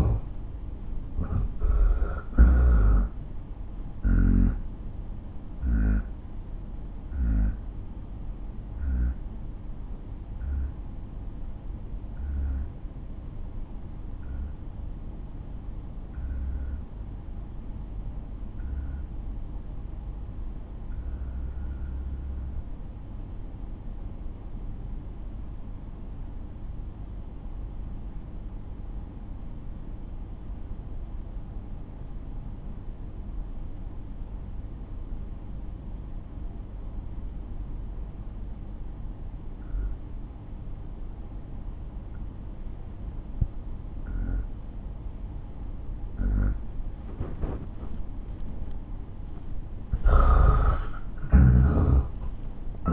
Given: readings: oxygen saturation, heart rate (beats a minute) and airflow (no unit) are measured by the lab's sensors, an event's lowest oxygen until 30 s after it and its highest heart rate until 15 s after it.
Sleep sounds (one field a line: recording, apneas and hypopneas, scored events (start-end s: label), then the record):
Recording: breathing in sleep by a smartphone at the bedside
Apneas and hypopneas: 1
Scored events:
4.00-46.10 s: obstructive apnea (N1, oxygen 91% highest, then 84% lowest)
27.00-52.93 s: new sleep stage, N2 (light sleep)
From the record:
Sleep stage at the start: N1 (lightest sleep)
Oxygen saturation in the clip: 78 to 91%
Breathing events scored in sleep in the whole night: 217 in 6.3 hours asleep